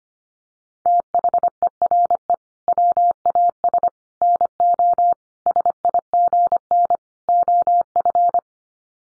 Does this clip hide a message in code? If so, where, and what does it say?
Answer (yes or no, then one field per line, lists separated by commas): yes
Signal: Morse code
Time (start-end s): 0.9-8.4 s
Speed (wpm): 25 wpm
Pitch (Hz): 700 Hz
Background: none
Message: THERE WAS NO SIGN OF